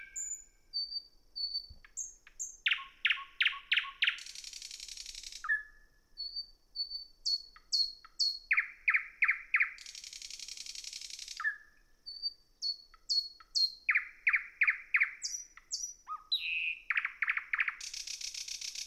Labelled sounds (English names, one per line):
Thrush Nightingale song